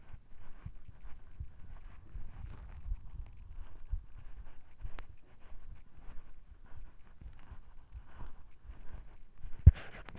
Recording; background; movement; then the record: deep breathing; quiet; walking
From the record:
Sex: male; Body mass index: 20.5 kg/m2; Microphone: on the chest, facing the body